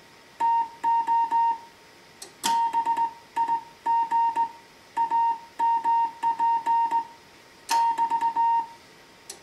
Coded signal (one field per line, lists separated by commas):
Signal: Morse code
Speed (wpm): 17 wpm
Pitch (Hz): 920 Hz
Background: music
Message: TO BIG AMP <BT>